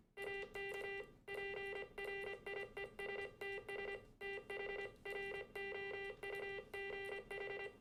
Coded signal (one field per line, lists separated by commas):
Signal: Morse code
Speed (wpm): 25 wpm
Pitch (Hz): 2000 Hz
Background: music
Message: AK PRIESTS THROUGH